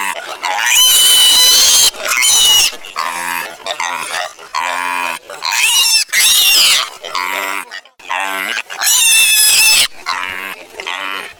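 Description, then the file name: Piglet screaming in long, piercing high squeals, one after another with short gaps, the cries wavering and harsh throughout. Young piglet. "Baby Piglet"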